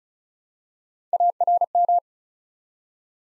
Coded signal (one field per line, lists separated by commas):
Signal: Morse code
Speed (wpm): 36 wpm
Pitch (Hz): 700 Hz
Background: none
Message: ARM